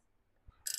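An oiled cartridge oil filter element from a Jeep Wrangler or Gladiator is pushed by hand, open end down, into its plastic filter housing cap. A soft low thump comes first, then a sharp, bright click at 0.7 s as the element seats in the housing.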